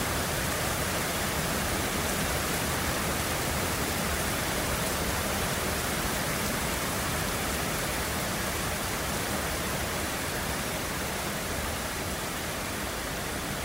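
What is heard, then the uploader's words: Steady rain from a storm, a dense, even hiss that holds the same level for the whole stretch with no clear drops or gusts standing out. It sounds full, spread from low rumble to bright top, with a faint thin high tone running constantly underneath. Queensland Storm. The sounds of a storm rolling in over Brisbane.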